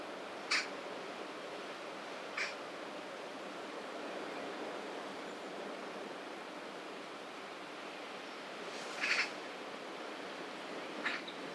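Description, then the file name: Eurasian magpie uttering isolated short, dry, harsh notes, one of them doubled, separated by several seconds of quiet hiss. "Pica pica"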